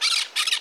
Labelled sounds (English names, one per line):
Brown-throated Parakeet contact call